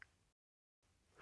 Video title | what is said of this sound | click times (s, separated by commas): 一般型 & 防火耐焰型 RHH PU 發泡劑 (中文字幕) S-15, S-15 Class 1 | and push the nozzle firmly in place. A clicking sound means the nozzle is secure. | 0.0 s